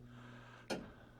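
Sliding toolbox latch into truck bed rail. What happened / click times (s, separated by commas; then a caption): The sliding toolbox latched into the bed rail / 0.7 s. A sliding truck-bed toolbox, rolled in on steel rollers along the bed rail, locks into position on the rail with a single sharp click at 0.7 s over a steady low hum. The box is seated and latched, with two lock connections holding it in place.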